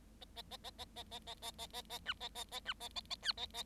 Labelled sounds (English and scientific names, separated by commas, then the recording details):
Bengalese Finch (Lonchura striata domestica) song
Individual Bird7